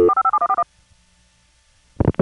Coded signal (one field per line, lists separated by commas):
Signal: DTMF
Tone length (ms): 70 ms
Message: 457141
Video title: Evan Doorbell: George, The Interactive Answering Machine